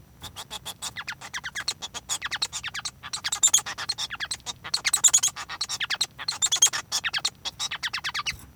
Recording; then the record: song of a male Bengalese finch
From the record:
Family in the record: son of father 1